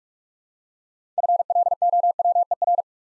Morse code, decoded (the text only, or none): FLOWER